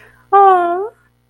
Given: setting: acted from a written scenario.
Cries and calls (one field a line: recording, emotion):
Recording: vocal sound without words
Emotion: adoration